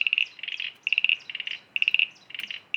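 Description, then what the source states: Common eastern froglet calls: bursts of rapid, high chirping pulses repeated in quick trains, with short gaps between bursts. Recording sent in by a listener; species common in southeastern Australia.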